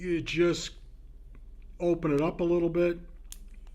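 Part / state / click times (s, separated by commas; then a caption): plastic trunnion into the gun mantlet mount of a tank model / seated / 3.3 s. Someone talks while a plastic trunnion is pressed, without glue, into the slightly spread-open gun mantlet mount of a Tamiya StuG IV tank model kit's upper hull. A sharp click at 3.3 s marks the trunnion popping into place and seating in the mount.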